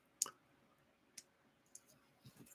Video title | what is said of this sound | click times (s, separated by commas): Brian Build a Gundam - Lupus Rex pt. 3 | So it just clips on there | 0.2 s